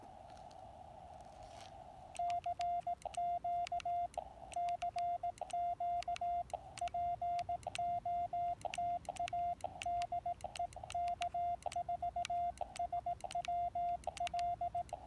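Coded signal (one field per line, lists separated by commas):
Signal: Morse code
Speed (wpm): 18 wpm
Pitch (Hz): 700 Hz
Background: radio noise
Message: CQ CQ POTA DE K4SWL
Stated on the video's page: POTA park activation in Morse, transmitted with a Discovery TX-500 transceiver into a Packtenna 9:1 antenna with a T1 tuner.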